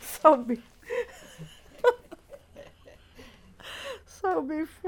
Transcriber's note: laughs